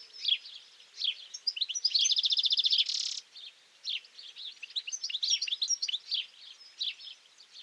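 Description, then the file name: European goldfinch song: fast tinkling twitters and chirps, with a buzzy rapid trill early on, continuing in lively bursts. "Carduelis carduelis"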